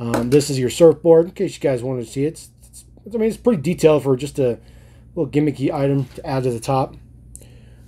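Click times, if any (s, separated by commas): 7.4 s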